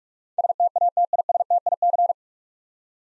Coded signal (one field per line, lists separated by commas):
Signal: Morse code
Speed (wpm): 47 wpm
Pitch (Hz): 700 Hz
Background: none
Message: STATISTIC